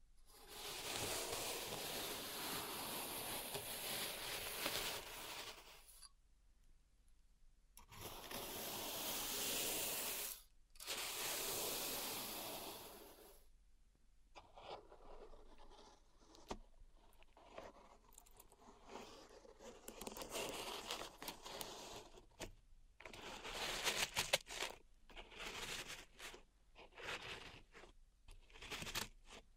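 Pink salt is raked and poured in a zen garden: dense, grainy hissing sweeps fill the first few seconds and return around 8 and 11 seconds. After a pause near 13 seconds come lighter, scattered scratches and taps, with brief louder bursts of sifting.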